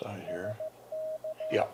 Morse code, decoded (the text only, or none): SK